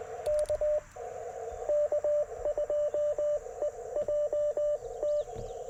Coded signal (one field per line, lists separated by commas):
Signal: Morse code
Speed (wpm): 21 wpm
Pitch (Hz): 600 Hz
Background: radio noise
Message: K K2EJT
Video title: Morning Morse Code - 07/03/2024